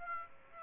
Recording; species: mosquito wingbeat signal from an infrared sensor; Aedes aegypti